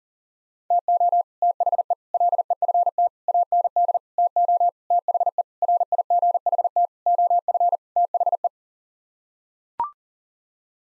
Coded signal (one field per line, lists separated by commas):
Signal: Morse code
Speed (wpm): 40 wpm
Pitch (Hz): 700 Hz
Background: none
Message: TO THE LEFT AND TO THE RIGHT OF THE